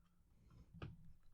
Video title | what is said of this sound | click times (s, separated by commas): DeAgostini Build Your Own Thunderbird 2 Issues 25 & 26: Pod Walls! | that that does click into place very nice | 0.8 s